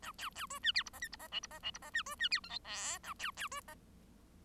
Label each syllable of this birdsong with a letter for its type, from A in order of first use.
A B B C D E F G H F G I F G I F G D C D E J K L A B B C G